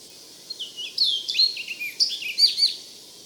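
Orchard oriole song, quick varied whistled phrases and slurred notes delivered in a continuous rambling burst, with light background hiss.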